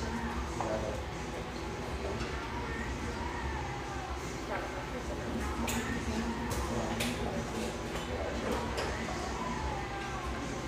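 A lively coffeeshop ambience: a steady, dense bed of overlapping chatter runs throughout with a low rumble underneath. Short bright clinks and clatters of dishes cut through repeatedly, clustering between about five and nine seconds.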